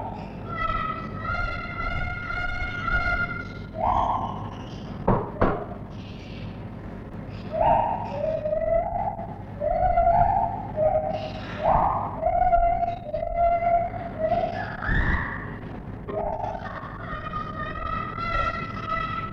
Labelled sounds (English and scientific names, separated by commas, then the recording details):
Lar Gibbon (Hylobates lar)
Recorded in captivity
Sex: female
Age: adult
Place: Tierpark Berlin, Berlin, DE
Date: 1963-07-01
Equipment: englisches Reportergerät, Kopie BG 26/1
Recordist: Altmann, Dagmar